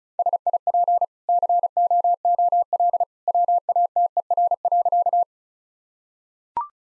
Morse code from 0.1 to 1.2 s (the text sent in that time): SIP